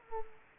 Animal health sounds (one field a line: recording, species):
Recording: mosquito wingbeat signal from an infrared sensor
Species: Culex quinquefasciatus